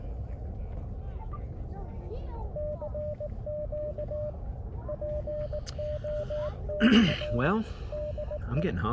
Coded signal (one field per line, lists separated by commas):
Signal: Morse code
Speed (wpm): 19 wpm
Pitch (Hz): 600 Hz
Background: speech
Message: CQ POTR DE